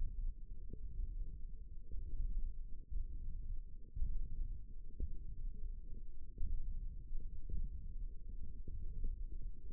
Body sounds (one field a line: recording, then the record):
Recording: forearm muscle sounds (acoustic myography)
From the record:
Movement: hand opening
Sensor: system 1, eight BSWA MPA416 microphones around the upper forearm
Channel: 2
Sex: male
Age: 18 years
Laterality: right